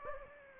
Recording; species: mosquito wingbeat signal from an infrared sensor; Anopheles gambiae